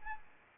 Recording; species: mosquito wingbeat signal from an infrared sensor; Anopheles arabiensis